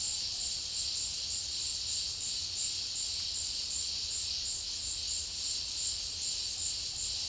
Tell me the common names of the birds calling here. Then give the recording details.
none. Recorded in dense forest near Puerto Asís, Putumayo, Colombia, on 19 February 2024 at 12:30. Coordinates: 0.496, -76.326. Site G6383